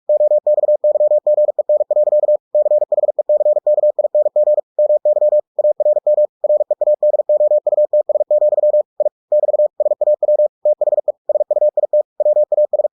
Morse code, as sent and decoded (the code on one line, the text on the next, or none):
--- -..- -.-- --. . -. .-.-.- / -.-. .... . -.-. -.- .. -. --. / -- -.-- / .- .-. -- / .-. . .- -.. --- ..- - ... --..-- / .. / -...- / ... .- .-- / - .... . / ... ..- .. - / .-- .- ...
OXYGEN. CHECKING MY ARM READOUTS, I <BT> SAW THE SUIT WAS